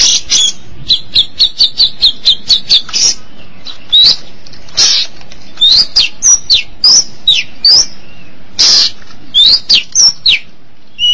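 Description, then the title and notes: Long-tailed Shrike song opening with a fast run of high chirps, then varied whistled and slurred notes in an uneven sequence. "Suara burung pentet"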